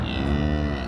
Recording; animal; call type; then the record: contact call of a hoofed animal; cattle; low-frequency (closed-mouth) or high-frequency (open-mouth) call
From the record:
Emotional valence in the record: negative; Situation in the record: full separation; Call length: 0.89 s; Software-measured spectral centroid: 1550 Hz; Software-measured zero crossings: 1170 a second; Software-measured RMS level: -24 dBFS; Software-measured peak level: -11 dBFS